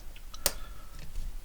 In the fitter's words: one it clict in place and now